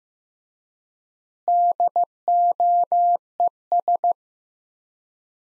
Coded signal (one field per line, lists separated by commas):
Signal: Morse code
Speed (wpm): 15 wpm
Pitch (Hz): 700 Hz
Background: none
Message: DOES